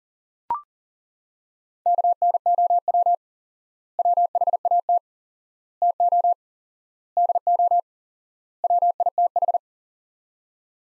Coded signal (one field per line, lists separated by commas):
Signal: Morse code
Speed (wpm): 40 wpm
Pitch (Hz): 700 Hz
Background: none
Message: KNOW WHAT TO DO WITH